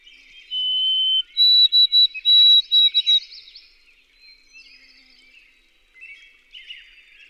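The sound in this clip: White-throated sparrow song: a long, pure whistle followed by a stepped-up series of short, evenly spaced higher whistles, with faint twittering from other birds afterwards.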